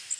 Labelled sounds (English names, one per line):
Blackburnian Warbler flight call